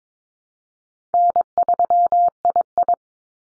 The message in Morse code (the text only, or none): N3II